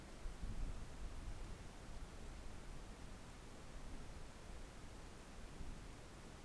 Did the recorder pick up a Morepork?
no